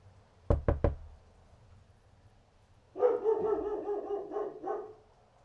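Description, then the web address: Dog: three sharp knocks, then a dog gives a rapid string of barks over low background hum. "animals dog barking"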